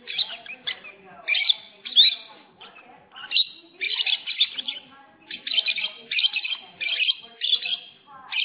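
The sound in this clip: Lovebird twittering, clusters of shrill chirps in repeated bursts separated by brief gaps, loud and scratchy throughout.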